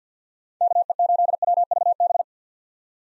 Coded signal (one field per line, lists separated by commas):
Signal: Morse code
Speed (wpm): 50 wpm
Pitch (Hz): 700 Hz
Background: none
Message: KE8WVB